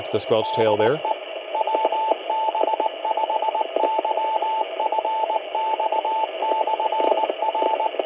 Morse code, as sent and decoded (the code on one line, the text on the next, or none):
-.. . / .-- -... ..... -.-- ..-. -..- -..-. .-.
DE WB5YFX/R